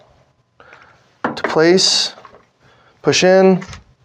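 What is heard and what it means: A second replacement ink cartridge is handled at its cartridge slot in a Coverbind envPrinter envelope printer while someone talks, with a couple of faint handling knocks between the words. The cartridge has not clicked or seated yet; the clip ends just before it goes home.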